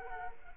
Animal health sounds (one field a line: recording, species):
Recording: mosquito wingbeat signal from an infrared sensor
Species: Culex quinquefasciatus